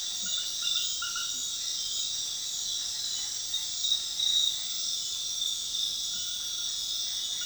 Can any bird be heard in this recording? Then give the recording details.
no. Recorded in dense forest near Puerto Asís, Putumayo, Colombia, on 20 February 2024 at 22:30. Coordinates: 0.502, -76.324. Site G6370